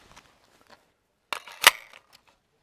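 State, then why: Seated. During a reload in a shooting drill, a magazine or bolt catch on an AR-15 rifle is worked, with faint handling noise before two sharp metallic hits at 1.3 s and 1.7 s. The part latches into place.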